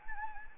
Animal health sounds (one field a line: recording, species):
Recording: mosquito wingbeat signal from an infrared sensor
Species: Anopheles gambiae